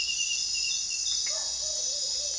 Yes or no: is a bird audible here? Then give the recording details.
no. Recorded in secondary vegetation near Puerto Asís, Putumayo, Colombia, on 24 June 2025 at 23:00. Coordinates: 0.498, -76.327. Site GP09